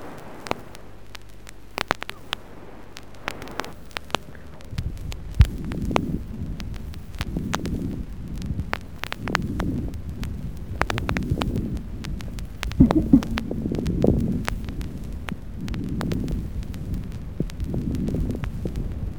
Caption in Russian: Мелкопузырчатые влажные хрипы. Влажные хрипы, в отличие от крепитации, разнокалиберны, выслушиваются на вдохе и выдохе и меняются при покашливании.